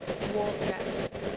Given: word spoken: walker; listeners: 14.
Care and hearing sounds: one English word in noise, from a listening test; noise modulated by three-talker babble; -3.9 dB; 4 of 14; 10 of 14; 0.97 s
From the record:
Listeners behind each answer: 10, 4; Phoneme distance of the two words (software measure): 10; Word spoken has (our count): 2 syllables, 4 phonemes, stress on syllable 1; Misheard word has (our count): 2 syllables, 4 phonemes, stress on syllable 1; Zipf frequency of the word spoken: 4.12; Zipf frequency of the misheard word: 5.53

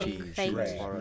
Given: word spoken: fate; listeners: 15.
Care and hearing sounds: one English word in noise, from a listening test; four-talker babble; -1.7 dB; 2 of 15; 6 of 15; 0.61 s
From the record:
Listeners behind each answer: 6, 2, 1, 1, 1, 1, 1, 1, 1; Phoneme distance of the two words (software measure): 7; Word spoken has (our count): 1 syllable, 3 phonemes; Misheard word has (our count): 1 syllable, 4 phonemes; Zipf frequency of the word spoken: 4.22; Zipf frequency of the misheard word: 3.75

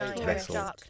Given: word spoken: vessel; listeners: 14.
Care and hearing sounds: one English word in noise, from a listening test; four-talker babble; -0.3 dB; 2 of 14; 6 of 14; 0.50 s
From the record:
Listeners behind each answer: 6, 2, 2, 1, 1, 1, 1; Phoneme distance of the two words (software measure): 17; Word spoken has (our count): 2 syllables, 5 phonemes, stress on syllable 1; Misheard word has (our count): 2 syllables, 4 phonemes, stress on syllable 1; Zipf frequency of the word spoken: 3.93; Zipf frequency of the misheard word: 3.38

